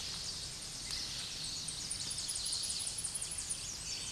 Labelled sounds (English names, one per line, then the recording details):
Tennessee Warbler song
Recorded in a Pennsylvania forest on 16 May 2024 at 07:59
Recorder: AudioMoth, point MSD-2143
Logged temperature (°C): 16.0 °C
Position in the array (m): 18 m, 121 m